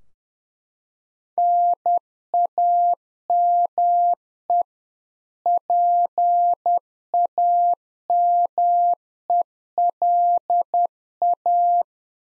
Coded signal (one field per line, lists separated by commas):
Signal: Morse code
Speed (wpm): 10 wpm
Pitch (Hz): 700 Hz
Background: none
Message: NAME PAMELA